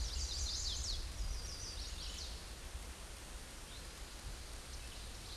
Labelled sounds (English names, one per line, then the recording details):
Chestnut-sided Warbler song
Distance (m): 55 m
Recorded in a Pennsylvania forest on 18 May 2023 at 09:48
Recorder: AudioMoth, point grid1_9_low
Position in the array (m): 14 m, 85 m